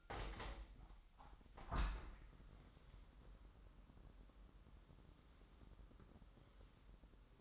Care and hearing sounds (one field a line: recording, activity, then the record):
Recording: daily activity, microphone in the room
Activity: open window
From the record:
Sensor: 3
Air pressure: 998.0 hPa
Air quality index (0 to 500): 141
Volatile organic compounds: 4 ppm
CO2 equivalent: 1683 ppm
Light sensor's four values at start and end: 14/41/16/15 and 14/41/16/15